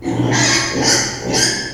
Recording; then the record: squeal of a Yucatan mini pig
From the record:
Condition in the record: before surgery on the right vocal fold (resection and tissue-engineered implant); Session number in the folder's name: 2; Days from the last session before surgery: 0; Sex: male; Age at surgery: 12 weeks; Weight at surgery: 13 kg